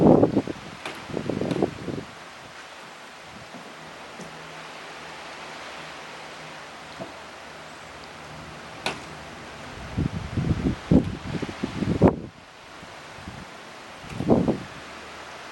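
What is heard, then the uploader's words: Humpback whales give bursts of low grunting calls at the start and again near ten and fourteen seconds, over steady hiss and faint hum. Humpback whales at play in Puget Sound.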